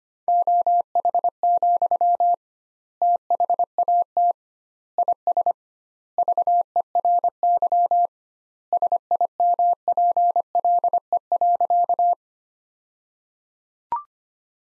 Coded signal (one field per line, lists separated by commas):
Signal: Morse code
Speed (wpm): 25 wpm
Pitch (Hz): 700 Hz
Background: none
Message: OH, THAT IS VERY SIMPLE.